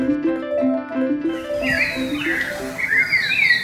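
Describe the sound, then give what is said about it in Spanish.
A bird known locally as Ishkok sings in the morning, bright, rising and falling warbled phrases that enter partway through, repeating several times over a steady lower humming tone that fades as the song takes over. “¿Conoces ese pájaro que canta todas las mañanas?”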